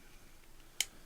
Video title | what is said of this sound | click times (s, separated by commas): T350 Show: 2/22/22- Mantis X10 Dry Firing System | and it locks in place okay let me | 0.8 s